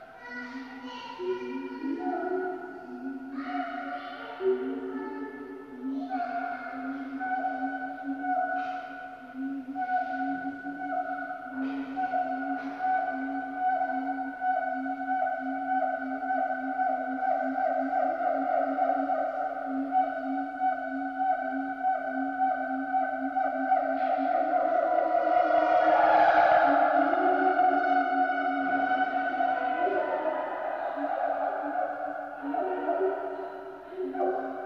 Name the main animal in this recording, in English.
Siamang